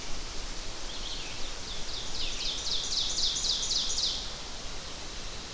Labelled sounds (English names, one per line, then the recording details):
Ovenbird song
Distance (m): 45 m
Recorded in boreal forest in Alberta, Canada, on 12 June 2016 at 06:55
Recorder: SongMeter 3, array SBT-3-18
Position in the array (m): 257 m, 102 m
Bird 31